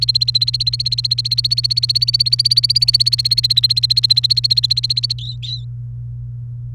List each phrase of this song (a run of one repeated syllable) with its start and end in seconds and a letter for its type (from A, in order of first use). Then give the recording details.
0.00-5.13 A, 5.18-5.64 B. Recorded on 29 April 2018 at 07:03. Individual llb3